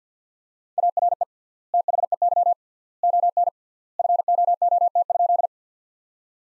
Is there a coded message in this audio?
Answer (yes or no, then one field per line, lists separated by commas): yes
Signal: Morse code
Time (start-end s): 0.8-5.5 s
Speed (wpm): 48 wpm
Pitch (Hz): 700 Hz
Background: none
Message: ARE THEY ON FOOT?